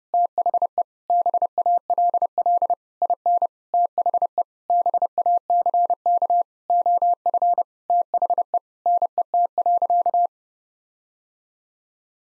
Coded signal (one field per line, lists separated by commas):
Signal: Morse code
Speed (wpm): 32 wpm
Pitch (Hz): 700 Hz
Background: none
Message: THE BALL IN THE BACK OF THE NET.